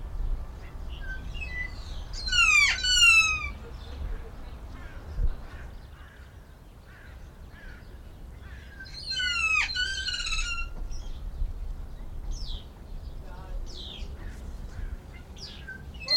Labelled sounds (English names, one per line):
Kea